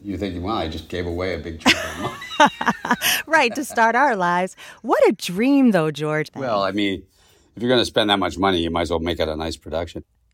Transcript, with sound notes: and you're thinking, well, I just gave away a big chunk of money.
(LAUGHTER)
Right, to start our lives. What a dream, though, George.
Well, I mean, if you're going to spend that much money, you might as well make it a nice production.